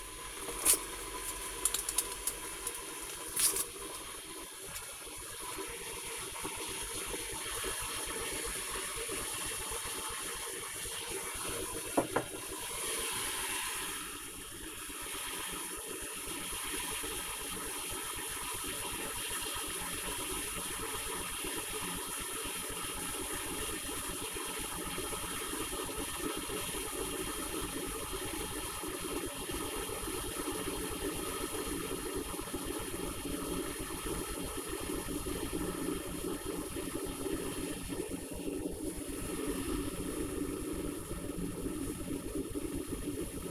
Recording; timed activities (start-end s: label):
household activities, microphone on the right wrist
0.00-43.51 s: making tea